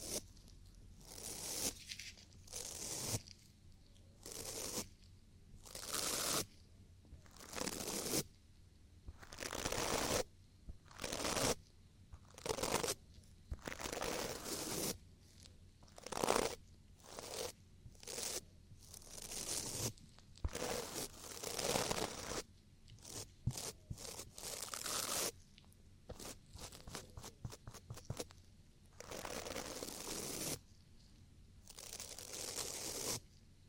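Ear cleaning sounds made of repeated bright, crunchy scratching strokes that come in bursts about every second, with brief quiet gaps between them. Around 26 to 29 seconds the strokes turn quicker and shorter. A faint low hum runs underneath throughout.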